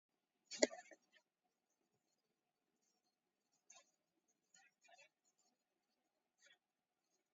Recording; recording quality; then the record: shallow breathing; poor, much background noise or distortion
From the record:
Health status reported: exposed to COVID-19, no respiratory illness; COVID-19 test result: negative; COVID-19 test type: RT-PCR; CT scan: taken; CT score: 2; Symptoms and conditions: cough, cold, diabetes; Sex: male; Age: 46 years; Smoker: no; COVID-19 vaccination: one dose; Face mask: worn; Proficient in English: yes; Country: India